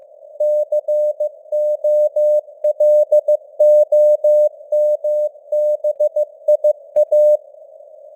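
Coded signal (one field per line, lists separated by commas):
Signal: Morse code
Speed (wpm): 15 wpm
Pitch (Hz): 600 Hz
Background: none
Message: COLOMBIA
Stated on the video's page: News headlines sent in Morse at 15 wpm with simulated radio noise and varying signal strength (QSB).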